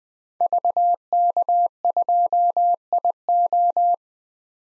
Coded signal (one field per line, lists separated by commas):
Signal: Morse code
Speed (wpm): 20 wpm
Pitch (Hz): 700 Hz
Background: none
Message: VK2IO